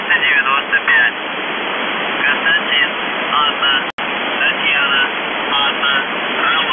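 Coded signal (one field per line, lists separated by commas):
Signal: numbers station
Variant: UVB-76, Russian voice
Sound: faint spoken voice phrases buried in loud hissing radio static, with a short dropout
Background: radio static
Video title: The Buzzer/UVB-76(4625Khz) September 20, 2021 07:51UTC Voice message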